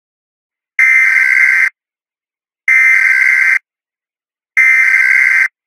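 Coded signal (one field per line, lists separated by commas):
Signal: Emergency Alert System (SAME) tones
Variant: header bursts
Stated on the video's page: Custom-made, simulated EAS alarm.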